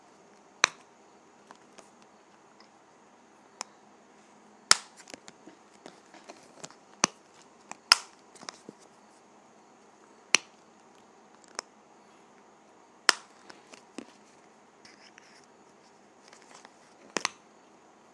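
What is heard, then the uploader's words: A lip gloss container is handled, giving sharp plastic clicks and snaps at irregular moments, with the loudest around 1, 5, 8, 13 and 17 seconds. Softer ticks and rattles cluster between them, over a faint, steady low hum. ASMR Lip Gloss Container.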